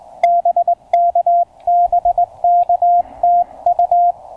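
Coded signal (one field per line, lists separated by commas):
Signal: Morse code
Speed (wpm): 20 wpm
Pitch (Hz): 690 Hz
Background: radio noise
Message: BK BK TU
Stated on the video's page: CW park activation with a Penntek TR-35 on 40 m and then 20 m.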